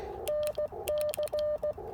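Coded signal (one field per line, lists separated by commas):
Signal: Morse code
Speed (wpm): 16 wpm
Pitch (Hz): 590 Hz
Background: radio noise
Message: NC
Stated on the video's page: Parks on the Air activation at the NC Transportation Museum using an IC-705 and a CHA MPAS Lite antenna.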